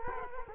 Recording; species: mosquito wingbeat signal from an infrared sensor; Culex quinquefasciatus